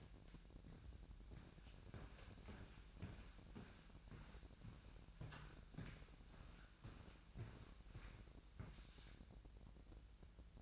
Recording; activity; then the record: daily activity, microphone in the room; walk to room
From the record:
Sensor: 2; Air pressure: 1012.1 hPa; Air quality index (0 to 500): 143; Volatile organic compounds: 2 ppm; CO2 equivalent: 1039 ppm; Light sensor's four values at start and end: 72/172/70/66 and 77/186/76/73